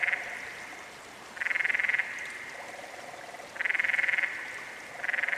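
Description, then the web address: Canyon frog gives repeated rattling trills of rapid pulses, roughly every two seconds, with quieter, lower pulsed trills between them. "Dan Gibson's Solitudes Frog Song. Canyon Frog"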